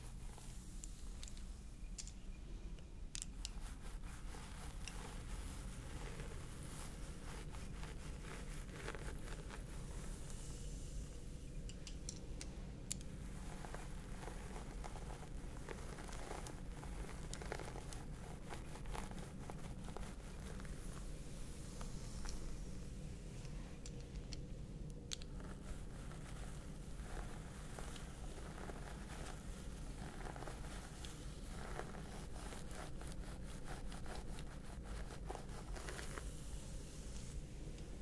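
A scalp massage: steady, dense scratchy rustling of fingers through hair over a constant low rumble, with brief louder brushing bursts near 3 and 25 seconds.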